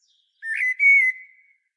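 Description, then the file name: Common blackbird giving a single clear whistle that starts with a short lower note, then holds a steady tone before fading. "Turdus merula"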